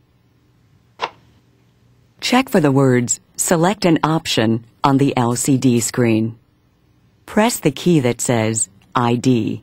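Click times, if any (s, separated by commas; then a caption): 1.0 s. A disposable plastic mouthpiece is slid onto a handheld spirometer and seats with one sharp click at 1.0 s. Someone then talks for the rest of the clip.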